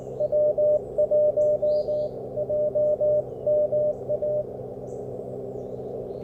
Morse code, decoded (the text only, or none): W1JMA